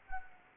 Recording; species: mosquito wingbeat signal from an infrared sensor; Anopheles arabiensis